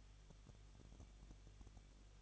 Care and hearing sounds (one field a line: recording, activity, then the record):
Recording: daily activity, microphone in the room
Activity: no activity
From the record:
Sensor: 4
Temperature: 23.0 degrees Celsius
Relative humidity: 33.9%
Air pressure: 1007.2 hPa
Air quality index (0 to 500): 216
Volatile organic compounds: 15 ppm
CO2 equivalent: 2493 ppm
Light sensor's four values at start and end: 2/3/1/1 and 2/3/1/1